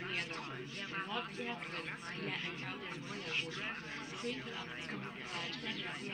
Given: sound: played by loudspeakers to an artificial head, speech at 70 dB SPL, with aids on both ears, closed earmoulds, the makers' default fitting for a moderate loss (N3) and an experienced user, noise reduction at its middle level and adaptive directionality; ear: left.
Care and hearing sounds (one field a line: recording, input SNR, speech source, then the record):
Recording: speech test signal (ISTS) in cocktail-party noise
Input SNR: -3 dB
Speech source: on the right (90 degrees)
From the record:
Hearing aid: class 2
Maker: F